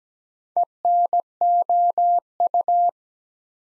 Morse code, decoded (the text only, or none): ENOU